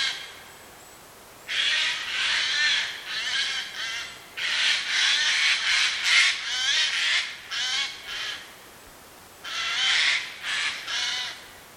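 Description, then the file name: Eurasian jay rasping calls in rapid, uneven bursts, many harsh screeches packed together, a brief pause, then a final cluster of hoarse notes. "Garrulus glandarius"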